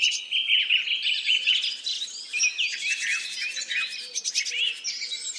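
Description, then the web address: Several birds singing at once, mixing warbled phrases, high thin chirps and fast rattling trills that overlap continuously. Singing in a forest in the Urals. "cantando na floresta dos urais colecao de cantos de passaros"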